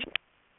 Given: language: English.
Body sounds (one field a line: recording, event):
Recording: throat vibration sensor signal played as sound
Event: swallow